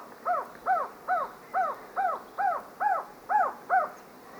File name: Golosa ptic - Ekvadorskij trogon Trogon mesurus